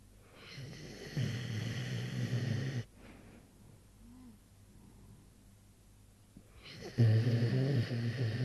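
Morris, a sleeping animal, snoring: two long, low, rattling snore breaths about seven seconds apart, with quiet breathing between. Ordinary snoring.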